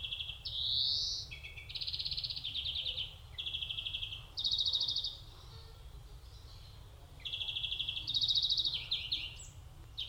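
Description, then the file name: European greenfinch giving a run of twittering trills at shifting pitches, some sliding upward. A two-second pause comes midway before further trill phrases, over a low rumble. "Chloris chloris"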